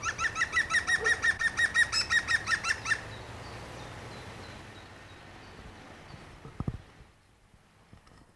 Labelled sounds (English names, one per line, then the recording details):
European Green Woodpecker call
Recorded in the wild
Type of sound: call sequence
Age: adult
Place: Friedhof Niederschönhausen III, Berlin, DE
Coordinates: 52.571, 13.386
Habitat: Stadtfriedhof
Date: 1992-05-03 11:39
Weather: wolkig, 11°C
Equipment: Nagra SN, Mikrofon AKG CK 8, Kopie Tesla B 116
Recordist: Tembrock, Günter
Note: Friedhof III: 1 Rufreihe